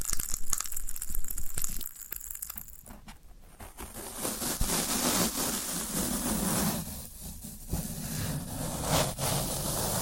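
Floral foam being pressed and broken, a dense crackling and crunching texture with sharp snaps scattered throughout. The first few seconds are busier and louder, easing around the two-second mark, then a steadier gritty crumbling fills the rest with occasional crisp clicks.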